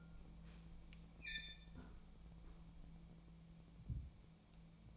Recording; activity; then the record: daily activity, microphone in the room; close fridge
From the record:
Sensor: 1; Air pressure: 1000.1 hPa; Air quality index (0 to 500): 134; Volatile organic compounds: 2 ppm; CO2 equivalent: 1267 ppm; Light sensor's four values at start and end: 37/93/39/48 and 37/93/39/48